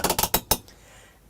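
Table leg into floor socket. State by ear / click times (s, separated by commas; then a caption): seated / 0.5 s. A metal table leg is put into its floor socket in an Airstream Nest trailer (front bed version) and screwed down until it clicks. A few quick metallic clinks and scrapes come first, then a loud, sharp click at 0.5 s, followed by near silence. The leg is seated home in the socket.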